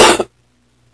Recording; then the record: coughing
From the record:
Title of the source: 61 morning phlegmy cough...again